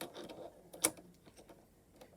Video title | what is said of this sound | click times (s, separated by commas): How to cut Fabric with the Cricut Maker using the Rotary Blade | so that just pops right in put the gears so they line up | 0.8 s